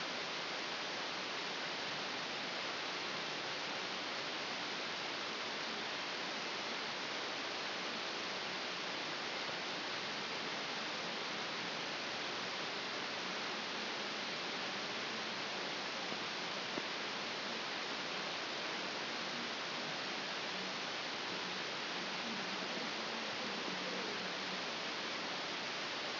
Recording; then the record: brain microelectrode recording played as sound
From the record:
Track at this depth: outside the subthalamic nucleus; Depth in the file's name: 7.505 mm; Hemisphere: left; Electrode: 2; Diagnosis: Parkinson's disease